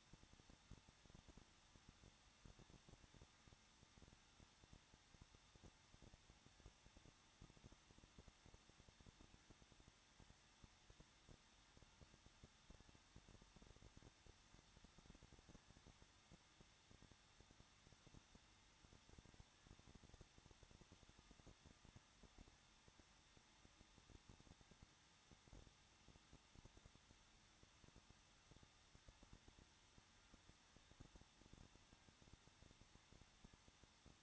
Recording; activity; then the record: daily activity, microphone in the room; no activity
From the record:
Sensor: 3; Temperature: 21.2 degrees Celsius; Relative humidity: 36.3%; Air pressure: 1006.3 hPa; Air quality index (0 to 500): 222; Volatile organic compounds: 42 ppm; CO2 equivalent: 3178 ppm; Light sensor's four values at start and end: 2/3/2/2 and 2/3/2/2